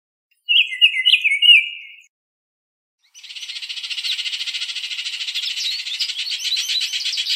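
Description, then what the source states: Bird calls: a quick cluster of sharp chirping notes, a pause, then a long, steady buzzy rattle that runs to the end. Arizona.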